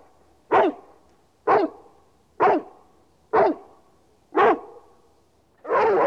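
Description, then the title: Dog giving six sharp barks about one second apart. "NHK Sound Effects Collection - 3-Frogs, Crickets, Cicadas, Horses, Dogs"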